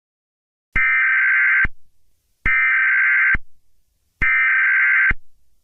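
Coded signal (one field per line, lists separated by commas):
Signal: Emergency Alert System (SAME) tones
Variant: header bursts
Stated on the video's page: Fictional EAS scenario mixing analog horror and EAS, containing valid EAS tones.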